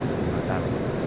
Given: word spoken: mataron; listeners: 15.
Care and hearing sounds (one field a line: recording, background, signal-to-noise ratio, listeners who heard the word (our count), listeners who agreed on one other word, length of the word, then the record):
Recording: one Spanish word in noise, from a listening test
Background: speech-shaped noise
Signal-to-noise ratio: -6.5 dB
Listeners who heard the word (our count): 0 of 15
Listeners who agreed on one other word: 9 of 15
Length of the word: 0.67 s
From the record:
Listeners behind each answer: 9, 1, 1, 1, 1, 1, 1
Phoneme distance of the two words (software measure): 14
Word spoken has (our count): 3 syllables, 7 phonemes, stress on syllable 2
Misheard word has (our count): 2 syllables, 5 phonemes, stress on syllable 2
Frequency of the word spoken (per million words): 8.80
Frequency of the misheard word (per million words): 36.28